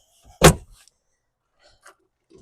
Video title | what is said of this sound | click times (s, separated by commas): How To Convert Any SUV into a PERFECT Camper in 5-10 Minutes! [Klaxon Outdoor KX380] #carcamping | Slide this back in, and boom, it is locked into place. | 0.4 s